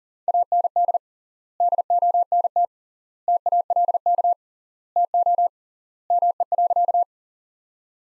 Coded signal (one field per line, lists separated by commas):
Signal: Morse code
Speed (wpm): 37 wpm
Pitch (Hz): 700 Hz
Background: none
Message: AND DONT TALK TO ME.